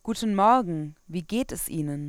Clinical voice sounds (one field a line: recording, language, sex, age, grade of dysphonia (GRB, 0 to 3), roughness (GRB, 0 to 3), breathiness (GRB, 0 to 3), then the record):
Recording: spoken sentence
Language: German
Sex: female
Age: 20 to 29 years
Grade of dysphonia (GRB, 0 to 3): 0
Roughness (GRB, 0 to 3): 0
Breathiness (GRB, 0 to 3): 0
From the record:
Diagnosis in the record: hyperfunctional dysphonia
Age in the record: 27 years